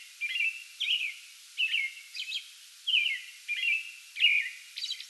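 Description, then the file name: American robin singing short, rich caroling phrases that slur up and down, mixed with thin, high squeaky notes. Pre-dawn song bout recorded 8 May 2022. "2022-05-08 American Robin pre-dawn song bout"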